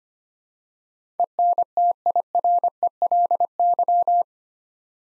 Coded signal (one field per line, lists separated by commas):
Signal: Morse code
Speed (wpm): 25 wpm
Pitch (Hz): 700 Hz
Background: none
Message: ENTIRELY